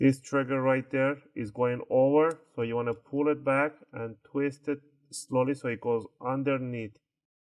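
Someone talks while the plastic trigger inside an Xbox One controller is pulled back and twisted slowly so it slips underneath the LB/RB bumper during a repair. Nothing has seated or clicked yet; the trigger is still being worked under the bumper when the clip ends.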